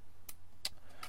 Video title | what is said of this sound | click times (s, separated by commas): REFAIRE SON MOTEUR HORS BORD, FASTOCH 😊 !!! DERNIERE PARTIE !!! | engage d'abord la tige le starter et on va ensuite la clipser directement | 0.7 s